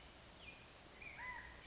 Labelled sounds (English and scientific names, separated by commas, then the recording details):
California Quail (Callipepla californica)
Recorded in Sonoma County, California